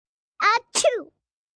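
A single acted adult sneeze in two parts: a brief voiced "ah" intake, then a sharp hissing "choo" burst with a falling tone, about one second in all. It is a classic "achoo" performed as a sound effect, with a quiet background.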